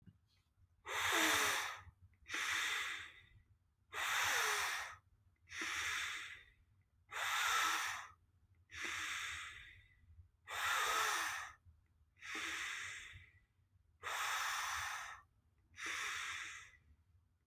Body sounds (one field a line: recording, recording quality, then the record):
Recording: deep breathing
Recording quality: excellent, no background noise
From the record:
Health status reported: healthy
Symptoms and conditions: none ticked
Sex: male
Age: 24 years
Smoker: not ticked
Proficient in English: yes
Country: United States